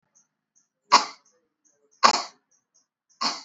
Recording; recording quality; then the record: heavy voluntary cough; excellent, no background noise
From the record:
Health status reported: exposed to COVID-19, no respiratory illness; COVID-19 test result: not tested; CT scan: not taken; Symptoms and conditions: none ticked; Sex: female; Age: 54 years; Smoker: no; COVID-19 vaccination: both doses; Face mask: not worn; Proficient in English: yes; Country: India